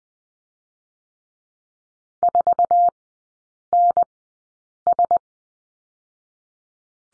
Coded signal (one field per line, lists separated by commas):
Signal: Morse code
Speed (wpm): 20 wpm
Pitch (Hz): 700 Hz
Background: none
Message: 4NS